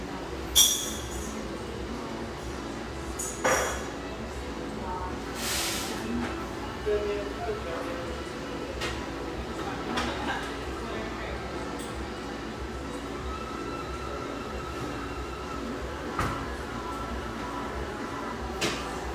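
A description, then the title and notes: A warm café hums with a low, steady murmur of indistinct conversation throughout. Bright clinks of glass and cutlery ring out now and then, sharpest near the start and around three and sixteen seconds, with a brief hissing burst around five seconds. Park City, Utah. Duck in from the blustery mountain winds in this warm, firelit café in one of America's most popular ski towns.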